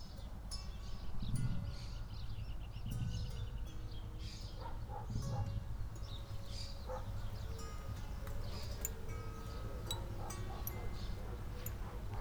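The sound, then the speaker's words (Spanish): Pigeons cooing in low, soft murmurs, three rounded coos spaced a couple of seconds apart, with faint higher chirps and light clinks scattered over a steady background hum. “Las palomas estarán de acuerdo.”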